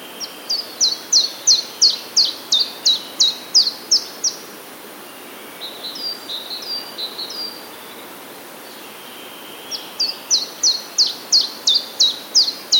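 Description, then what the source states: Common chiffchaff singing two long, even series of clipped, high, downward notes, with softer, lower notes in the gap between. Recorded on 17 April 2017.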